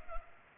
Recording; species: mosquito wingbeat signal from an infrared sensor; Culex pipiens